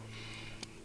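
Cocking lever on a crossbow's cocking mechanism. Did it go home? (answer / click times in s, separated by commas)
yes / 0.6 s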